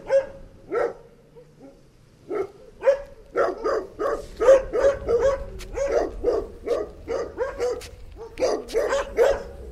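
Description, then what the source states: Dog barking, sparse at first, then quickening into a steady stream of sharp barks. Dog attack.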